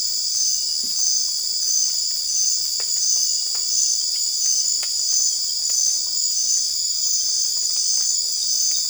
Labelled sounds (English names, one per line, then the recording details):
none
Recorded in dense forest near Puerto Asís, Putumayo, Colombia, on 22 December 2024 at 21:00
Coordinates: 0.482, -76.320
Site G021